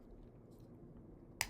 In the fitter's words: Then kind of move it around. Make sure and then it snaps into place.